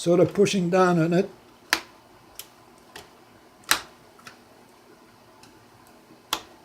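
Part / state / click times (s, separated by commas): ink cartridges into printer carriage / seated / 1.7 s, 3.7 s, 6.3 s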